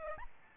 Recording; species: mosquito wingbeat signal from an infrared sensor; Aedes albopictus